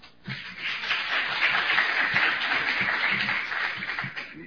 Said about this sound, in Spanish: Por favor, brindemos un fuertísimo aplauso.